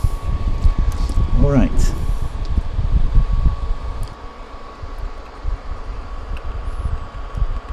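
Someone talks while handling a plastic cockpit part of a model helicopter that was fitted the wrong way round, working it back toward its mount in the helicopter frame over a steady background hum with light handling noises and a brief sharp tap around 6.4 s. The clip ends before the part goes home; nothing has seated or clicked yet.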